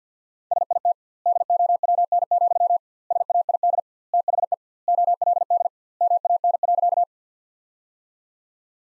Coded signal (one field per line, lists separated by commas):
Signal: Morse code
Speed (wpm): 50 wpm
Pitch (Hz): 700 Hz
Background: none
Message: SIT DOWN, SAID THE OLD MAN.